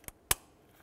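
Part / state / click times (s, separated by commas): fuel line quick-connect onto the fuel rail / seated / 0.3 s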